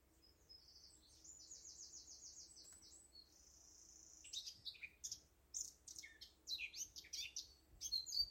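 Eurasian blackcap song: a soft, high trilled run at first, then louder, energetic warbling with mixed scratchy and clear notes.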